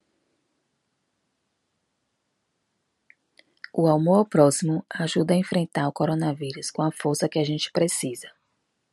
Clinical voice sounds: spoken sentence; Brazilian Portuguese; female; 40 to 49 years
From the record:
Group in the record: control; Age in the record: 44 years

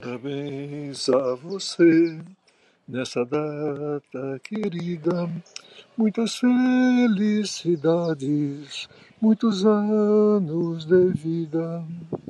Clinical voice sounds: short text; Brazilian Portuguese; male; 70 to 79 years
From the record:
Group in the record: control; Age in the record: 70 years

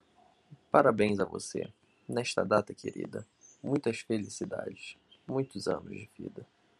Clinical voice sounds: short text; Brazilian Portuguese; male; 20 to 29 years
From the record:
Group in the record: control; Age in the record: 24 years

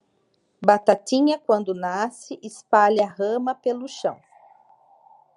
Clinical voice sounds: short text; Brazilian Portuguese; female; 30 to 39 years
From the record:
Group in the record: control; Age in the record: 37 years

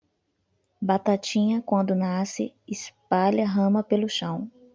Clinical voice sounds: short text; Brazilian Portuguese; female; 40 to 49 years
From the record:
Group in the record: control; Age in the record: 40 years

